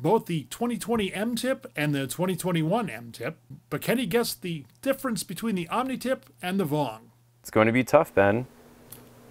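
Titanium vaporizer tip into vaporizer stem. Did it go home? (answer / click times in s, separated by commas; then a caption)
yes / 8.9 s. A titanium vaporizer tip, either an Omni or a VonG, is fitted onto a vaporizer stem while someone talks. A short, sharp click is heard at 8.9 s, and the tip seats in the stem.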